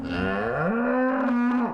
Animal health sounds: contact call of a hoofed animal; cattle; low-frequency (closed-mouth) or high-frequency (open-mouth) call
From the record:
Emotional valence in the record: negative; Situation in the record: full separation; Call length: 1.74 s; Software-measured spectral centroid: 1130 Hz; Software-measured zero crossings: 1160 a second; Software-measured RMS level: -24 dBFS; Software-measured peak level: -11 dBFS

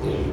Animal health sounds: contact call of a hoofed animal; pig; closed-mouth grunt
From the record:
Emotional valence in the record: negative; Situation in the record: short social isolation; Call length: 0.34 s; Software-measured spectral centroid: 1450 Hz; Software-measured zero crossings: 880 a second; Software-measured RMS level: -24 dBFS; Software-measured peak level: -15 dBFS

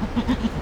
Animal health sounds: contact call of a hoofed animal; goat; low-frequency (closed-mouth) or high-frequency (open-mouth) call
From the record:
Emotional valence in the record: negative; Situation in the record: short social isolation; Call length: 0.62 s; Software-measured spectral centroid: 1650 Hz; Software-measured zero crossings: 1040 a second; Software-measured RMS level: -24 dBFS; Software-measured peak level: -12 dBFS

